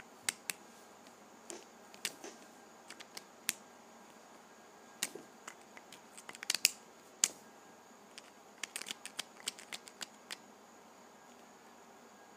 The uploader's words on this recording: ASMR Opening Sharpies.